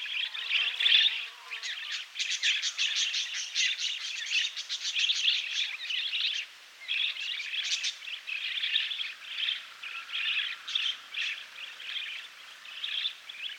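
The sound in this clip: Budgerigar song, a continuous high, scratchy warble of rapid chirps and clicks that runs almost without a break, with brief gaps.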